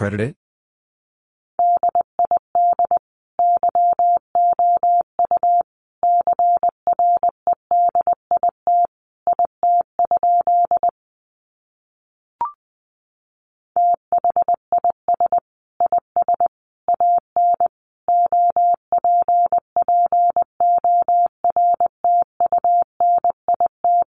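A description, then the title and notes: Morse code in a single steady tone sits at one mid pitch and keys on and off in short dots and longer dashes, with brief gaps between letters and words. A short click opens the clip, and a longer pause near the middle splits the message into two runs. Sentences from Top 1000 Words 20wpm. First, the words are sent in Morse code.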